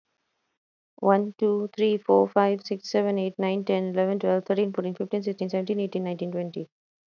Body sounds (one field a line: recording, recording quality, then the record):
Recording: counting at a fast pace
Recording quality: excellent, no background noise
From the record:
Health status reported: healthy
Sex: female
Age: 36 years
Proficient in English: yes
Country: India